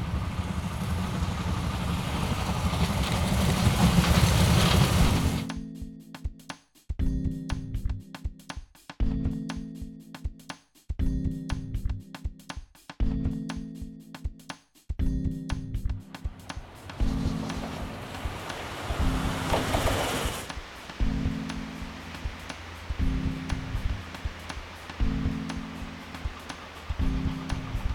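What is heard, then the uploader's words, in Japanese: A steam locomotive hauling a train passes by. A loud continuous roar of steam and rushing noise fills the first five seconds, then gives way to rhythmic wheel clatter over rail joints, with another burst of hissing steam around fifteen to twenty seconds. JR上越線を走るD51 498牽引の「SL奥利根」と「SLみなかみ物語」です。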